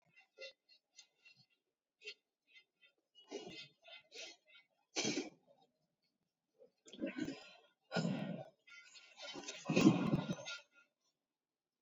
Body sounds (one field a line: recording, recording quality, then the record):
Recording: shallow breathing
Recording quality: moderate, slight background noise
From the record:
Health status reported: COVID-19 positive, no symptoms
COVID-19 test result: positive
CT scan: not taken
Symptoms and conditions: cough, cold, fever, muscle pain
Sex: female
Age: 35 years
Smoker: no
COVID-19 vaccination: none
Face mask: worn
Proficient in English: yes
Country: India